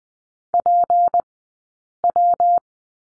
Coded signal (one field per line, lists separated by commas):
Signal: Morse code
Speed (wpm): 20 wpm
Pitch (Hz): 700 Hz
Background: none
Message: PW